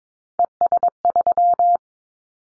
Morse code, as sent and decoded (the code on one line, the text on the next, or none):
. ... ...--
ES3